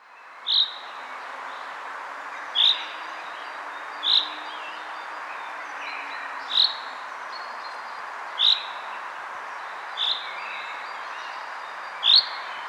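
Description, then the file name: Common chaffinch calls: short, sharp high notes, each repeated about every two seconds, seven in all, over a steady broad background hiss. "Fringilla coelebs"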